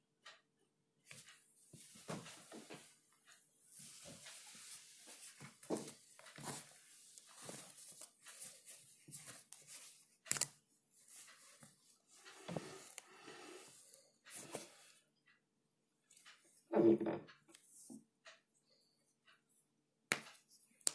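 Pages flip and writing scratches come in irregular rustling bursts, broken by sharp clicks and thumps, loudest near seventeen seconds and at the end.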